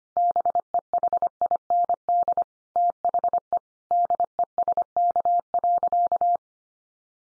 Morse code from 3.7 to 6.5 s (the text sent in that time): DESK.